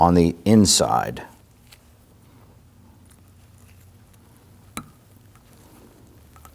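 Someone talks briefly at the start, then a metal brake pad abutment clip is handled at the caliper bracket of a 2013-2019 Ford Interceptor Utility rear brake, giving quiet faint taps and one short sharp tick near 4.8 s. The clip is being readied to press down into the bracket, but nothing has seated or clicked yet.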